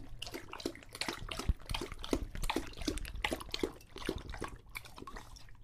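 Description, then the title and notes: English Bulldog slurping water in quick, uneven bursts. Male English Bulldog named Lucho drinking from a water bowl after a long walk, breathing heavily and out of breath between drinks. "English Bulldog Drinks from Water Bowl - Weird Sounds. listen to Lucho the English Bulldog as he tries to drink water after a long walk. Don't let his heavy breathing fool you in between drinks, he's equally out of breath from the walk"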